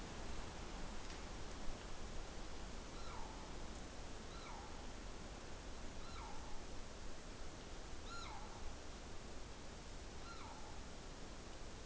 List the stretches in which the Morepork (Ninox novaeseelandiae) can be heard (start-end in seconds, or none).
2.85-3.27, 4.16-4.62, 5.94-6.38, 7.97-8.48, 10.11-10.60